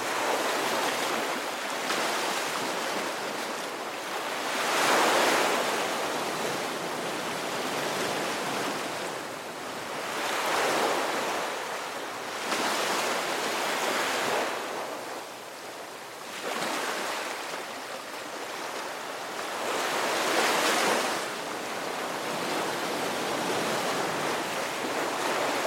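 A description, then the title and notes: Ocean waves wash in and out in a steady, dense hiss, swelling roughly every four to five seconds with peaks near 5, 10, 13, 20 and 21 seconds. The surf sounds close and fairly bright, with a faint low rumble and some wind underneath. Ocean Waves Serenity Relaxing Sounds of the Sea.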